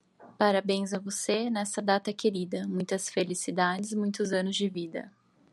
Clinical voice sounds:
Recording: short text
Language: Brazilian Portuguese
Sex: female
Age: 30 to 39 years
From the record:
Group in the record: control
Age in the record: 31 years

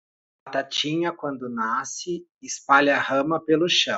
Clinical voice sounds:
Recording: short text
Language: Brazilian Portuguese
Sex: male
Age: 30 to 39 years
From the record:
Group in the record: control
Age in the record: 32 years

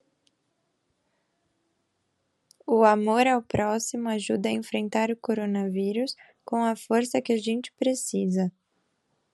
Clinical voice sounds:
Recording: spoken sentence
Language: Brazilian Portuguese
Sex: female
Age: 20 to 29 years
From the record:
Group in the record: control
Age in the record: 25 years

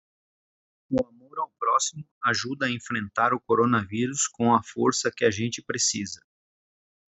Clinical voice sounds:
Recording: spoken sentence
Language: Brazilian Portuguese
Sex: male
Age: 40 to 49 years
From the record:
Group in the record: control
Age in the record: 44 years

